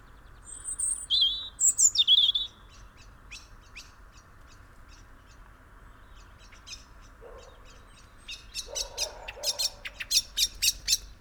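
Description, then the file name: European robin song: thin, high warbled phrases in the first two seconds, then scattered dry ticks, two lower rough bursts and a run of louder ticks near the end. "Erithacus rubecula"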